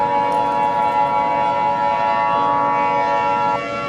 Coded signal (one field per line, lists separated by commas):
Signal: Emergency Alert System (SAME) tones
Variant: 853 and 960 Hz attention tone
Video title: Eas scenario #3 haters